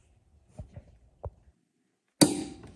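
A click-type torque wrench set to 40 lb tightens the blade nut on a push mower, with a few faint ticks as it is pulled. A sharp, bright click rings out at 2.2 s and decays briefly, showing the nut has reached 40 lb.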